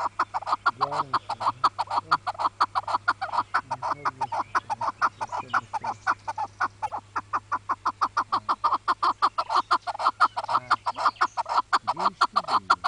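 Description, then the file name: Partridge, a long chanting run of regular, grating chuck notes with a constant low droning hum underneath. "Keklik-ötüşü"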